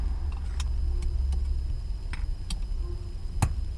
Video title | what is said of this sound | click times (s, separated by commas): KartBoy Short Shifter | there it is clicked into place just make sure it's in there good | 3.4 s